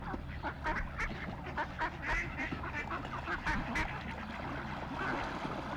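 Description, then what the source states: Grey duck calling with a run of harsh quacks, loosely spaced, over steady low background noise. Grey duck, Maori name Parera, New Zealand.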